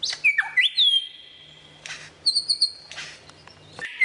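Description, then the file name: Lyrebird song: long pure whistles, one dropping then rising, one held high, followed by a quick chattering phrase and a rising whistle. Song variations. "suara lyrebird variasi"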